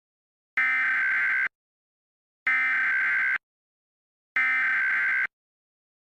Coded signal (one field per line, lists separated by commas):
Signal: Emergency Alert System (SAME) tones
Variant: header bursts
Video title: EAS Scenario: Dandy's World: ichor Infection (good ending sneak peak)